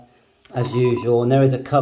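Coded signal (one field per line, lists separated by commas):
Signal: none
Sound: radio menu key beeps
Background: speech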